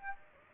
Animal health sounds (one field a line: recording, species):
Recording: mosquito wingbeat signal from an infrared sensor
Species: Aedes aegypti